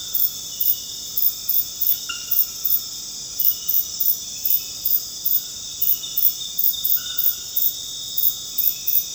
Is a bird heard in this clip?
no